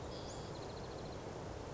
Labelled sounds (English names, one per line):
Western Flycatcher